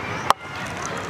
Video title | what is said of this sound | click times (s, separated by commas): ✅ Vegetable Chopper Machine Review 2021✅ | it locks into place | 0.3 s